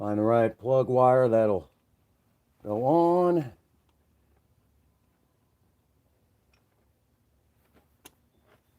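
A spark plug wire is being handled at a plastic wire loom separator clip, but nothing has seated or clicked into place yet. Someone talks for the first few seconds, then quiet handling follows with faint ticks near 6.5 seconds and a sharper brief tick at 8.1 seconds.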